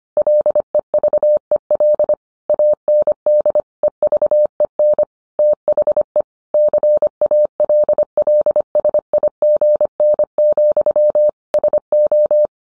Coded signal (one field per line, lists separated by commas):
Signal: Morse code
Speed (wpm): 25 wpm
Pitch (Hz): 600 Hz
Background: none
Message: LEVEL AND EVEN THE CALLSIGN, SO